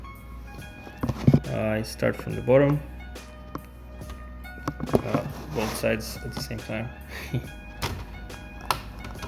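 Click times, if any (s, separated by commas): 8.7 s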